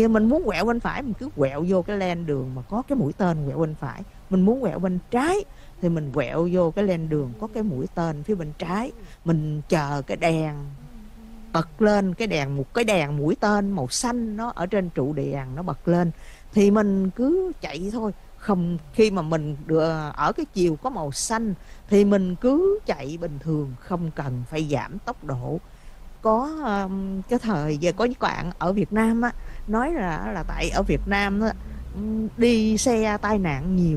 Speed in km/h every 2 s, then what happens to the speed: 0, 0, 0, 0, 0, 0, 0, 0, 0, 0, 0, 0, 0, 0, 0, 6, 19.
0-29 standing. 29-34 pulls away to 19.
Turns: none.